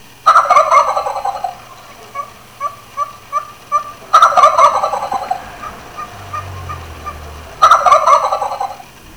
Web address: Wild Turkey